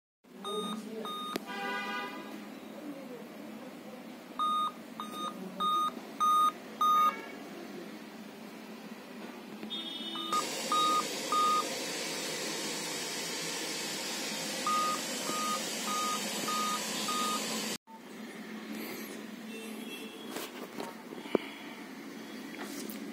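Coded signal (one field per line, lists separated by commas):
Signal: beep code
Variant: Dell laptop BIOS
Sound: series of five short, evenly spaced high beeps, repeated, over room noise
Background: room noise, handling hiss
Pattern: 5 short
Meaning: Five beeps on a Dell laptop indicate a CMOS battery failure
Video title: DELL N5010 LAPTOP 5 TIMES BEEPING ISSUES ll What does 5 beeps mean on a Dell laptop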